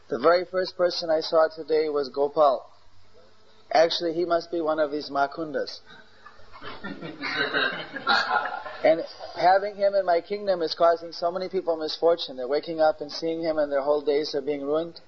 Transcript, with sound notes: the very first person I saw today was Gopal, actually he must be one of his makundas, (laughter) and having him in my kingdom is causing so many people misfortune, they are waking up and seeing him and whole days are being ruined,